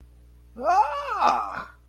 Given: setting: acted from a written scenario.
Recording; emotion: vocal sound without words; positive surprise